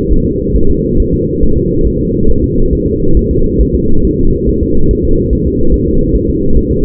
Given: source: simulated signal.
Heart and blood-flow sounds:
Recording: fetal heart sounds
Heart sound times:
0.12 s: S1
0.27 s: S2
0.56 s: S1
0.71 s: S2
1.00 s: S1
1.14 s: S2
1.44 s: S1
1.58 s: S2
1.87 s: S1
2.01 s: S2
2.30 s: S1
2.44 s: S2
2.73 s: S1
2.87 s: S2
3.17 s: S1
3.31 s: S2
3.61 s: S1
3.75 s: S2
4.05 s: S1
4.19 s: S2
4.49 s: S1
4.63 s: S2
4.91 s: S1
5.05 s: S2
5.33 s: S1
5.47 s: S2
5.74 s: S1
5.88 s: S2
6.16 s: S1
6.30 s: S2
6.57 s: S1
6.72 s: S2
From the record:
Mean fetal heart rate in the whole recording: 140 bpm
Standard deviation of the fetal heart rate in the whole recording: 2 bpm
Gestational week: 34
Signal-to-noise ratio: -19.1 dB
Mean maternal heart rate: 72 bpm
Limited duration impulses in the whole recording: present

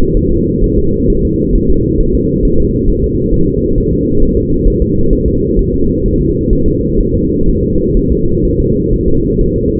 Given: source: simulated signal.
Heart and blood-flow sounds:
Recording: fetal heart sounds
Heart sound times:
0.17 s: S1
0.32 s: S2
0.64 s: S1
0.79 s: S2
1.10 s: S1
1.25 s: S2
1.56 s: S1
1.70 s: S2
2.01 s: S1
2.15 s: S2
2.45 s: S1
2.60 s: S2
2.89 s: S1
3.04 s: S2
3.34 s: S1
3.48 s: S2
3.78 s: S1
3.93 s: S2
4.22 s: S1
4.37 s: S2
4.67 s: S1
4.82 s: S2
5.13 s: S1
5.28 s: S2
5.59 s: S1
5.74 s: S2
6.06 s: S1
6.21 s: S2
6.53 s: S1
6.68 s: S2
7.01 s: S1
7.15 s: S2
7.49 s: S1
7.63 s: S2
7.97 s: S1
8.12 s: S2
8.45 s: S1
8.60 s: S2
8.93 s: S1
9.08 s: S2
9.41 s: S1
9.56 s: S2
From the record:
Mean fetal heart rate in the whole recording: 130 bpm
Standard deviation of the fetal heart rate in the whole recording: 4 bpm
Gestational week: 38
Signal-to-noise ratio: -16.4 dB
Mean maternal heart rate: 72 bpm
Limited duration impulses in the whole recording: present

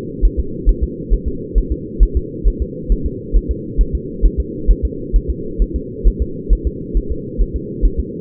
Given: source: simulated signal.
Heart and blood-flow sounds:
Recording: fetal heart sounds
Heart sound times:
0.25 s: S1
0.40 s: S2
0.69 s: S1
0.83 s: S2
1.13 s: S1
1.28 s: S2
1.58 s: S1
1.72 s: S2
2.03 s: S1
2.17 s: S2
2.48 s: S1
2.62 s: S2
2.92 s: S1
3.06 s: S2
3.36 s: S1
3.51 s: S2
3.81 s: S1
3.95 s: S2
4.25 s: S1
4.40 s: S2
4.70 s: S1
4.85 s: S2
5.16 s: S1
5.30 s: S2
5.62 s: S1
5.76 s: S2
6.07 s: S1
6.22 s: S2
6.53 s: S1
6.67 s: S2
6.97 s: S1
7.12 s: S2
7.41 s: S1
7.56 s: S2
7.85 s: S1
8.00 s: S2
From the record:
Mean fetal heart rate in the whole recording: 135 bpm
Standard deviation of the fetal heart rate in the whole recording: 3 bpm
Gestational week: 36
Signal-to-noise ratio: -4.3 dB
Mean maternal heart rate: 72 bpm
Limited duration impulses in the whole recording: absent

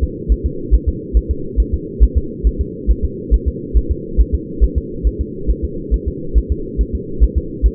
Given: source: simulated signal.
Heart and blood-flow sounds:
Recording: fetal heart sounds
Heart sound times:
0.04 s: S2
0.32 s: S1
0.46 s: S2
0.75 s: S1
0.89 s: S2
1.17 s: S1
1.31 s: S2
1.60 s: S1
1.74 s: S2
2.04 s: S1
2.18 s: S2
2.47 s: S1
2.61 s: S2
2.91 s: S1
3.05 s: S2
3.34 s: S1
3.48 s: S2
3.77 s: S1
3.91 s: S2
4.21 s: S1
4.35 s: S2
4.64 s: S1
4.78 s: S2
5.07 s: S1
5.21 s: S2
5.51 s: S1
5.65 s: S2
5.94 s: S1
6.08 s: S2
6.38 s: S1
6.52 s: S2
6.81 s: S1
6.95 s: S2
7.24 s: S1
7.38 s: S2
7.66 s: S1
From the record:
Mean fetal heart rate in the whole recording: 140 bpm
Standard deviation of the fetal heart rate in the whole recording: 2 bpm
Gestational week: 34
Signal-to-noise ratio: -4.3 dB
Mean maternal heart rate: 72 bpm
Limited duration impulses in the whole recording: absent

